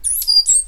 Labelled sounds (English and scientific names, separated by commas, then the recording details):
Stitchbird (Notiomystis cincta) song
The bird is a male
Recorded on Tiritiri Matangi Island, New Zealand, in 2005
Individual 8, of nest box 10